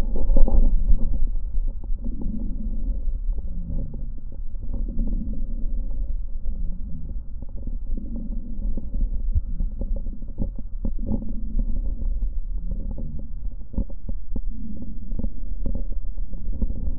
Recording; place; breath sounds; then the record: lung sounds by stethoscope; right posterior lower chest; expiratory wheeze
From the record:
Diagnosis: COPD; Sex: male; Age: 51 years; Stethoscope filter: diaphragm mode, 100 to 500 Hz